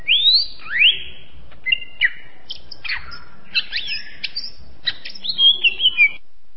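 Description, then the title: Greater green leafbird song: a busy sequence of sweeping whistles and harsh chattering notes. Champion songbird. "Kicau Burung Cucak Ijo Juara"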